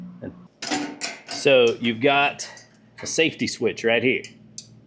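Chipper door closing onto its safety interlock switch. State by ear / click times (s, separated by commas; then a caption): seated / 4.6 s. A man talks as the hinged door of a MechMaxx B200 8-inch 35hp V-Twin wood chipper is closed onto its safety interlock switch. The switch gives a sharp click at 4.6 s, showing that it is actuated when the door closes.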